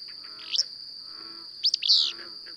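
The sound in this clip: Bird chirps: a short sharp note followed by a louder rapid cluster of swooping chirps, over an unbroken high-pitched whine.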